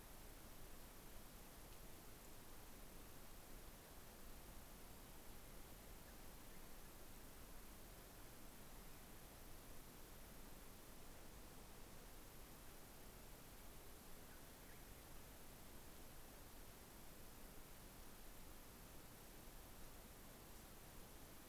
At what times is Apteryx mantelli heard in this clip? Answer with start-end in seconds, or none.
none